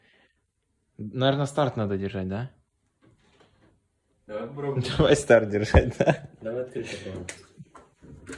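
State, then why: Not seated. Someone talks while holding the button on a washing machine and trying to open its locked door. No click is heard, and the door lock does not release. Nothing has clicked yet.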